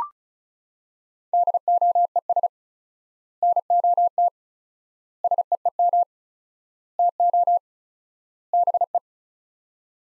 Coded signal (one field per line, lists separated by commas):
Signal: Morse code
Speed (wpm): 34 wpm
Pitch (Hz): 700 Hz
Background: none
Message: DOES NOT SEEM TO BE